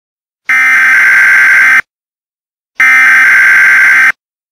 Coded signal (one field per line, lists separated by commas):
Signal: Emergency Alert System (SAME) tones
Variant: header bursts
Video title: Mentally Insane Patient (Fictional EAS Scenario)